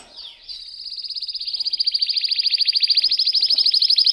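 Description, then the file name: Canary song: after a brief swoop, a long rapid trill builds steadily in loudness and carries on without pause to the end. Belgian canary, red frosted colour variety. "canto do canario belga vermelho nevado"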